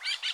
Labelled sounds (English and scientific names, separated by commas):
Brown-throated Parakeet (Eupsittula pertinax) contact call